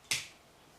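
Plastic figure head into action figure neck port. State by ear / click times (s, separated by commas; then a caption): seated / 0.1 s. A small plastic Titan Master head from a Transformers Titans Return Blurr figure is pressed back onto the action figure's neck port. It snaps down with one sharp, bright click at 0.1 s, which quickly fades into quiet. The head is seated.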